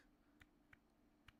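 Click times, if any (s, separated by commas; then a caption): 0.4 s, 0.7 s, 1.3 s. A 3D-printed plastic print-in-place camera mount joint is moved, and its interlocking ratchet teeth lock into each position. Three faint, sharp clicks sound at 0.4, 0.7 and 1.3 seconds over a steady low hum. The teeth seat into place at each step.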